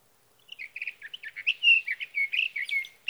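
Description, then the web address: Sage thrasher song, a rapid warbled stream of varied notes opening with quick repeated chirps, then a long continuous jumble of sweet phrases. "birdsongforthecurious Sage Thrasher"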